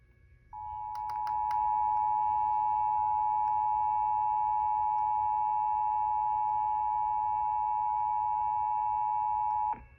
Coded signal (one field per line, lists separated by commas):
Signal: Emergency Alert System (SAME) tones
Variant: 853 and 960 Hz attention tone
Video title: (EAS "#964") South Carolina Monthly Test WITH EMNET on WDAV-FM (Davidson, NC) - 5/27/2026